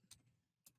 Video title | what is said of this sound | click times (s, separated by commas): Fanhome Optimus Prime build. Issue 48 | Another one of those pistons which just snap in place. | 0.1 s, 0.7 s